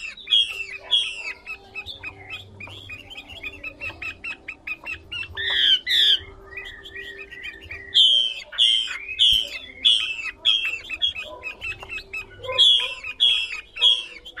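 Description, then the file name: Chinese hwamei song: bright whistled notes repeated in quick runs, the phrases varied and separated by short gaps, continuing throughout. Female hwamei singing. "Tieng chim hoa mi mai hot"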